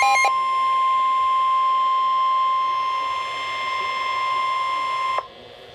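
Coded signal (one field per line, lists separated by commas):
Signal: Emergency Alert System (SAME) tones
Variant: 1050 Hz attention tone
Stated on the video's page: Tornado Warning alert tones received for the uploader's county.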